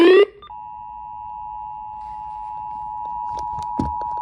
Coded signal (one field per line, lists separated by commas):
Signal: Emergency Alert System (SAME) tones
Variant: 853 and 960 Hz attention tone